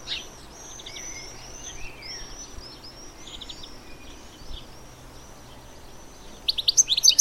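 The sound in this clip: Bird calls, soft high whistled notes repeated throughout, ending in a louder run of sharp chirps over a steady hiss.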